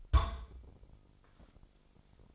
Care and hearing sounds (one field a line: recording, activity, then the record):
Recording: daily activity, microphone in the room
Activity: place on stove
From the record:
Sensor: 5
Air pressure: 995.5 hPa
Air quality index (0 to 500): 101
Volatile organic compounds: 6 ppm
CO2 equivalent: 1936 ppm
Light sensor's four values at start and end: 34/79/34/36 and 34/78/34/36